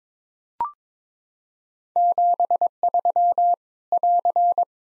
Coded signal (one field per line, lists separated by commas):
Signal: Morse code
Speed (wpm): 22 wpm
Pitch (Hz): 700 Hz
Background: none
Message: 73 <AR>